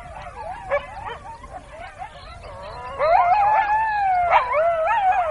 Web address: coyote